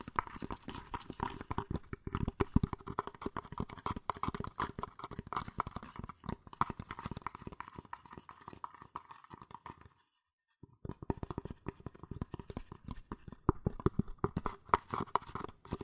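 Fast tapping, scratching and tracing on cardboard and paper, a dense run of quick dry taps with rustling scrapes between them. The rhythm stays busy and uneven until a brief silence near ten seconds, then the rapid tapping and scratching resume.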